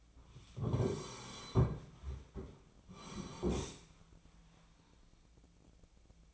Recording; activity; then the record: daily activity, microphone in the room; sit down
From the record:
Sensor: 1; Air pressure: 1009.3 hPa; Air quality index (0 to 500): 177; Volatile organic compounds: 3 ppm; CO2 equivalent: 1494 ppm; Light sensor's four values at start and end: 43/112/47/56 and 46/121/50/60